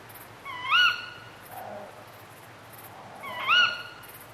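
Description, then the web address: Tawny owl giving two shrill arched calls about three seconds apart, with a brief faint lower sound between and high bush-cricket pulses in the background. Hunting calls, accompanied by a chorus of dark bush-crickets. "Sound Effects-BBC Birds Owls"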